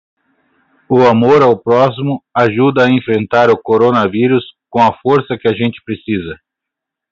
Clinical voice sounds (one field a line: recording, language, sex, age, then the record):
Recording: spoken sentence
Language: Brazilian Portuguese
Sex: male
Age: 30 to 39 years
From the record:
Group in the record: control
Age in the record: 39 years